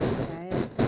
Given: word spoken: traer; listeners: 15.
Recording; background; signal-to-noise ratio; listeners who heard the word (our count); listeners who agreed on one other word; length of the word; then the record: one Spanish word in noise, from a listening test; noise modulated by one talker; -7.9 dB; 5 of 15; 8 of 15; 0.48 s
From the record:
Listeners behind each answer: 8, 5, 1, 1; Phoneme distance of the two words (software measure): 17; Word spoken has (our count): 2 syllables, 5 phonemes, stress on syllable 2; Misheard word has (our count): 2 syllables, 4 phonemes, stress on syllable 2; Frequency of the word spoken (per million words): 17.90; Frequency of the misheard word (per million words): 65.01